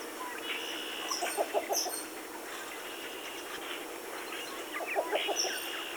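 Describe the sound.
Bird calls: short, chirpy notes in two quick bursts of four or five, with a few thin high notes, over a steady background hiss.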